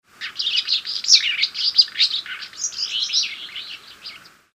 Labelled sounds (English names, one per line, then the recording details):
Alder Flycatcher
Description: Sound recording of an alder flycatcher, Yukon-Charley Rivers National Preserve, Alaska